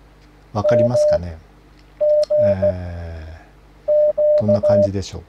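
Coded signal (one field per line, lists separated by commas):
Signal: Morse code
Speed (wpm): 16 wpm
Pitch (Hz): 600 Hz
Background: speech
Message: MG Q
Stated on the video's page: Morse code learning lesson using mnemonic phrases to memorize characters.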